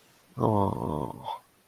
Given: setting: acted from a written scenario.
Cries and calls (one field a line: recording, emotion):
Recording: vocal sound without words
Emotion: sympathy